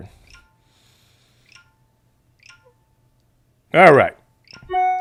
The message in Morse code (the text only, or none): none